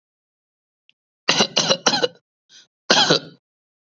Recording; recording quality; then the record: shallow voluntary cough; excellent, no background noise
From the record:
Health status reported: COVID-19 positive, mild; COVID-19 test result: positive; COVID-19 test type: RT-PCR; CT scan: not taken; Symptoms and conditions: cold, fever, muscle pain, diabetes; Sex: male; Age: 32 years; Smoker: no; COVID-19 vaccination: one dose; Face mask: not worn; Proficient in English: yes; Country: India